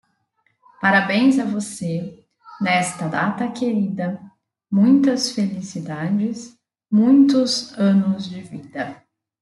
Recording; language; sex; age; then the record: short text; Brazilian Portuguese; female; 40 to 49 years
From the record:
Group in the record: control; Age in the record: 40 years